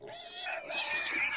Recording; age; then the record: pig call; weaner (32 to 43 days)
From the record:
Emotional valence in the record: negative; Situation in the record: restrain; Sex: male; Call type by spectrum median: high-frequency call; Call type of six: high-frequency stable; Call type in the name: high-frequency stable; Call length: 1.37 s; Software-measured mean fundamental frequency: 344 Hz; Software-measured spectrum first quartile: 3969 Hz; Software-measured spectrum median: 5654 Hz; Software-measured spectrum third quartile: 7494 Hz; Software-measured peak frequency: 4878 Hz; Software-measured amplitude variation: 113 dB a second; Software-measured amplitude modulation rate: 21.2 a second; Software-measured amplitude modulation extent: 5.3 dB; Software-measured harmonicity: 2.0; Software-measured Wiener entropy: -2.08